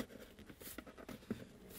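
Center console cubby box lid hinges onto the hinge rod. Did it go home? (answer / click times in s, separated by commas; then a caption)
no / none. A replacement leather-covered center console cubby box lid for a Lotus Carlton is handled in the car as its hinges are lined up with the hinge rod to be pushed on. Soft taps, rubs and faint rustles are heard over a quiet background, with a slightly stronger knock around 1.3 s. Nothing has seated or clicked yet.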